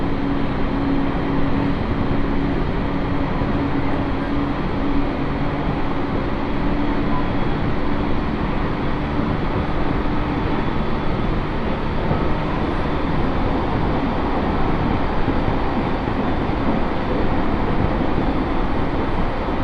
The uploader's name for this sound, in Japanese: 耳で楽しむ鉄道旅 東北本線・北上線 花巻→北上→和賀仙人